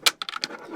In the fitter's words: and then they'll kind of pop into place.